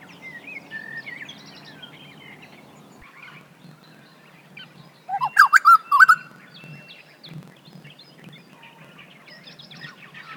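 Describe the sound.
Grey butcherbird song: a brief loud burst of rich, piping whistled notes midway, with fainter chirps from other birds and a low background hum.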